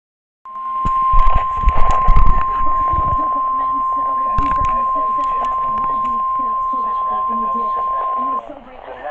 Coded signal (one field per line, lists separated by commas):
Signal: Emergency Alert System (SAME) tones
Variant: 1050 Hz attention tone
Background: speech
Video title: EAS Alerts